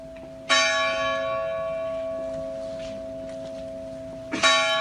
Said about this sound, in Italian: Ed eccoli, 309 rintocchi, 309 vittime, rintocchi della campana della Chiesa delle Anime Sante che tra l'altro è tornata a suonare da pochi mesi nell'ambito dei lavori di ricostruzione. 8 anni dal terremoto dell'Aquila.